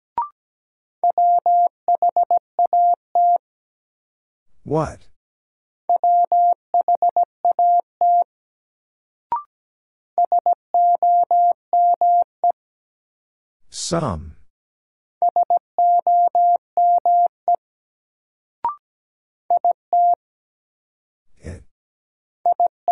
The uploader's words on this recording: First, the word is sent in Morse code.